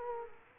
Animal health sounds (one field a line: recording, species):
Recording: mosquito wingbeat signal from an infrared sensor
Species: Culex quinquefasciatus